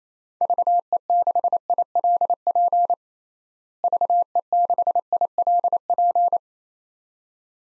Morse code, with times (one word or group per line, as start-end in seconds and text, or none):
0.4-2.9 VE6ILP
3.8-6.4 VE6ILP